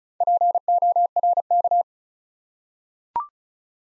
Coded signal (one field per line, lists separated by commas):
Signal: Morse code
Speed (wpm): 36 wpm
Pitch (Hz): 700 Hz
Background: none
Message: PORK